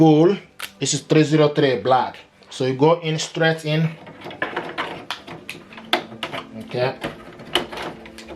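Someone talks while handling an HP 303 black ink cartridge for installation, pushing it straight into its slot in the printer carriage of an HP ENVY Inspire 7220e all-in-one printer. From about 4.4 s to the end there is a series of short, sharp plastic handling knocks and taps. Nothing has seated or clicked yet.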